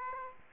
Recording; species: mosquito wingbeat signal from an infrared sensor; Aedes aegypti